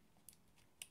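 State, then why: Released. A microSD card is pressed into the push-push slot on a small homemade drone-camera board, with faint ticks around 0.3 s as it is pushed. A sharp, bright click follows at 0.8 s as the spring latch releases and the card pops out.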